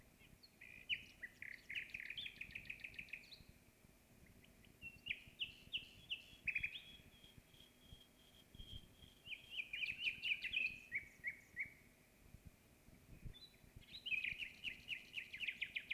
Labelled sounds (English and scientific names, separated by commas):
Common Nightingale (Luscinia megarhynchos) song